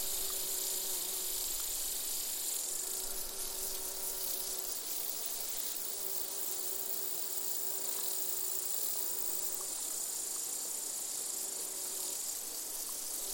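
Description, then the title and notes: Insect chorus: an unbroken high hiss of crickets and grasshoppers, with faint bee hums beneath. Bees, grasshoppers and crickets in a gentle summer chorus, recorded in an open meadow near the Col de Châtillon at 1680 metres altitude. "featuring bees, grasshoppers and crickets, was recorded in an open meadow near the Col de Châtillon"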